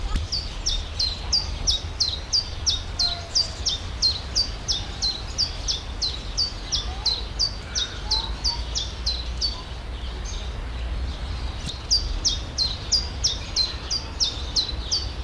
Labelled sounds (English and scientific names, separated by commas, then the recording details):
Common Chiffchaff (Phylloscopus collybita) song
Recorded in the wild
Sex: male
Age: adult
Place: Zoo Halle, Sachsen-Anhalt, DE
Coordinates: 51.5056, 11.9625
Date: 1998-04-16 15:52
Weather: overcast, ca. 12°C
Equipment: Sony MD-WM MZ-R3, Sennheiser MKH 416 T, Kopie Uher 4000 Report Monitor
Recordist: Tembrock, Günter